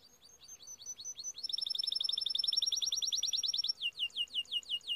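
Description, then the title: Timbrado canary song: a slow run of high chirps, then a rapid, even rolling trill with a thin sustained whistle above it, ending in slower descending notes. Timbrado breed of canary; song used as a training video. "Canary Bird Singing - Timbrado training video"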